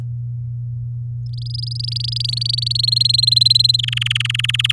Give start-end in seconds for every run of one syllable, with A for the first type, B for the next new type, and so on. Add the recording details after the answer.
1.26-2.72 A, 2.75-3.77 B, 3.79-4.72 C. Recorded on 8 May 2018 at 10:31. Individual llb16